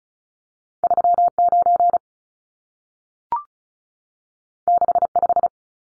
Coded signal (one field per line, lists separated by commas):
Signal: Morse code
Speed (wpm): 36 wpm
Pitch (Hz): 700 Hz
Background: none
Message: 39 65